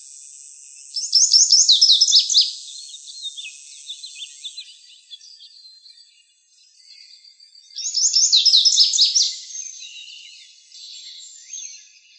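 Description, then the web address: Lazuli bunting song: two bursts of rapid, high, sweet warbled phrases, each lasting about a second and a half, separated by several seconds of quiet with faint background chirps. Arizona, 23 June 2001. "Grosbeaks Buntings. LAZB Deviche"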